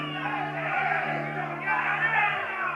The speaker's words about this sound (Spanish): un aplauso por los plomos y por las bandas, loco, que ustedes son los que hacen el tren, son ustedes los vagones, así que, ¿qué quieren escuchar?